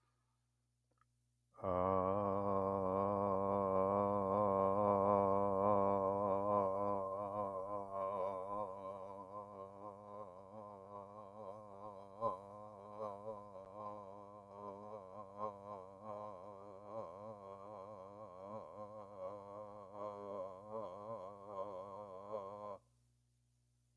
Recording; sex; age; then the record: vowel held as long as possible; male; 60 to 69 years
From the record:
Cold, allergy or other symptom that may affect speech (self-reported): no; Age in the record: 69 years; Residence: California, United States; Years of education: 14